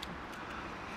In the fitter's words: it will just literally slide on like that and click in